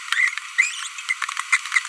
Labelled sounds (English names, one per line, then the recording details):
Green-rumped Parrotlet babbling
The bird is a female
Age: 25 days
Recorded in a nest box in Venezuela
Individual 17B42B1